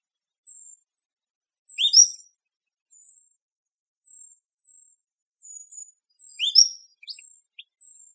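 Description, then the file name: Cordilleran flycatcher with two sharp rising calls, about four and a half seconds apart, among faint high thin notes and brief chips. Recorded in Arizona. "COFL 3 A deviche"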